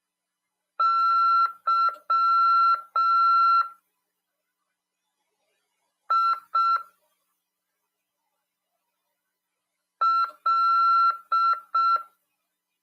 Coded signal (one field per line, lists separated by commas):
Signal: Morse code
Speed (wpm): 6 wpm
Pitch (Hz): 1350 Hz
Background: none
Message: YIL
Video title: RADIOAMADOR 3/10/2022 "AULA 13: CW, C.RODADA e LEGISLAÇÃO" PY2EXU PAULO SP/SP 22 ANOS de RAF/CRASP.